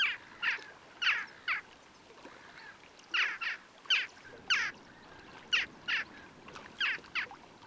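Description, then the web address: Western jackdaw giving short, sharp 'chak' calls, singly and in quick pairs, repeated irregularly throughout over a faint background hiss. "Grajilla occidental"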